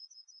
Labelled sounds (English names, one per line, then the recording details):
Yellowhammer song
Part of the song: start
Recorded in the Czech Republic on 2 July 2013
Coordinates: 49.522, 16.474
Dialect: BC
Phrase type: D55
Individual 313929